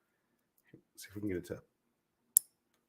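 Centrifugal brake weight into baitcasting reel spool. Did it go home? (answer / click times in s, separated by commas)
yes / 2.4 s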